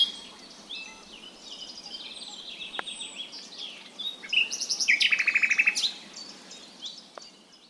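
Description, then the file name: Common nightingale song phrases: soft high twittering early, then a loud run of rapid repeated notes near five seconds, with faint background hiss. "Luscinia megarhynchos"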